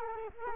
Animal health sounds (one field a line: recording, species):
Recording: mosquito wingbeat signal from an infrared sensor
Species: Culex quinquefasciatus